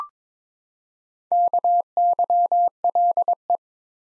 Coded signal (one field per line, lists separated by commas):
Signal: Morse code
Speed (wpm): 22 wpm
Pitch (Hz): 700 Hz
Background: none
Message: KYLE